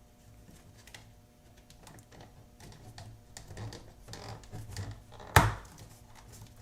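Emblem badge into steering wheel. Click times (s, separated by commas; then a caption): 5.4 s. A plastic VR6 emblem badge from a Volkswagen EOS is pressure-fitted into a new MK5 GTI flat-bottom steering wheel. Quiet handling and light taps lead to a sharp, loud snap at 5.4 seconds as the emblem seats fully in place. No one talks.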